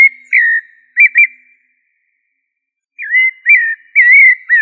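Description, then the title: Thrush giving a few liquid whistled notes, a long pause, then a wavering run of slurred whistles; no other sounds. Thrush family; sabiá. "Familia Turdidae - Sabia"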